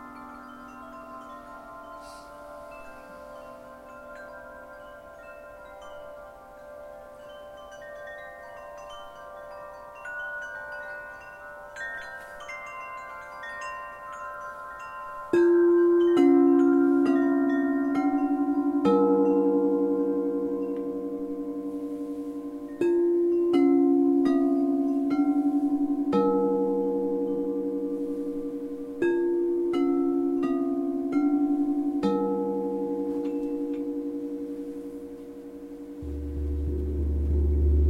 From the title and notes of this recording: LIVE CRYSTAL BOWL CONCERT. Full set single track recorded live at one of my crystal singing bowl concerts.